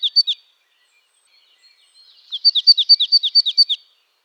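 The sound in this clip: Marsh tit calls: a quick trio of sharp, high down-slurred notes, a pause, then a rapid run of many similar notes.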